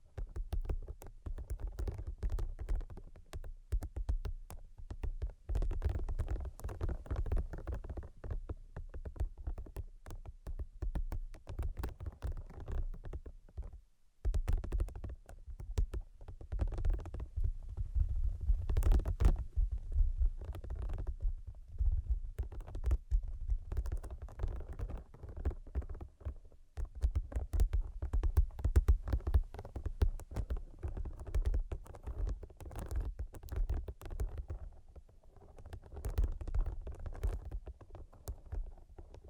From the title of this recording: Brain Penetrating 3D Tapping